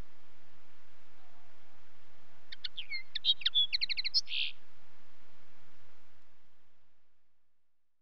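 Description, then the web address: Common linnet twittering: one short burst of quick chirps and a brief trill around the middle, then the sound fades to quiet; faint background hiss throughout. "BBC Sound Effects Library. Linnet"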